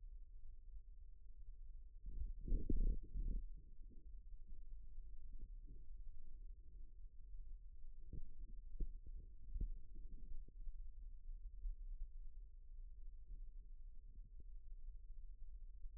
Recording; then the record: forearm muscle sounds (acoustic myography)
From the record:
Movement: rest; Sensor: system 1, eight BSWA MPA416 microphones around the upper forearm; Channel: 6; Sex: male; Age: 42 years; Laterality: right